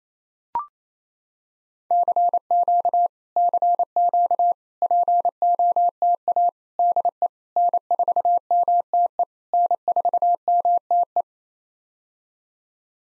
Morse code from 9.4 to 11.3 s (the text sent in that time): N4MTE